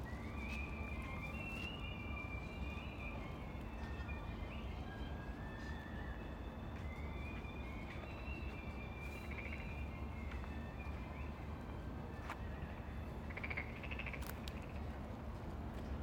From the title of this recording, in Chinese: 仲夏蛙声